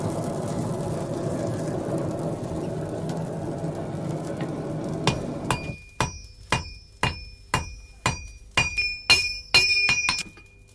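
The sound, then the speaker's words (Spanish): A steady rushing hiss fills the first half, then a hammer rings down on an anvil about a dozen times in a quick, even rhythm to join metal pieces by forge welding, each blow loud with a bright metallic ring. “cultura de fusión y unirlas a golpe de martillo sobre el yunque.”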